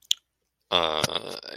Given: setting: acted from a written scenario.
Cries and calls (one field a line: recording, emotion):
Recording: vocal sound without words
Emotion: shame